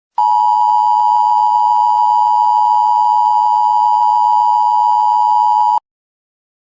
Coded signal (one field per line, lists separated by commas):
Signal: Emergency Alert System (SAME) tones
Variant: 853 and 960 Hz attention tone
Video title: THE VODKA KING EAS SCENARIO